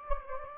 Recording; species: mosquito wingbeat signal from an infrared sensor; Anopheles gambiae